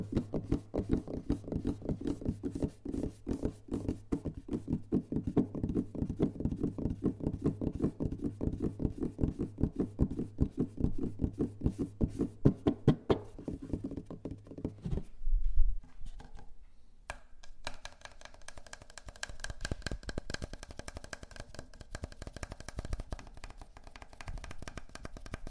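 Soft finger tapping, quick and steady for the first fifteen seconds on something hollow with a low, round tone. A bump near fifteen seconds, then brief quiet, before lighter, brighter tapping on a different surface continues to the end.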